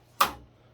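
On the front CPU tray of a Dell PowerEdge 6600 7U rack server, a small spring-loaded steel catch is pushed down on both sides and the locking levers are flipped up to unlock and pull out the tray. A single sharp, bright click sounds at 0.2 s and fades quickly into quiet. The tray levers unlatch and the CPU tray is released.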